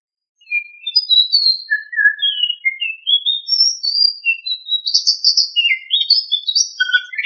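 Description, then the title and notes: Bird song: a continuous run of varied clear whistled notes, some rising, some falling, shifting between low and high pitches. Indonesia. "Kicau Burung Indonesia"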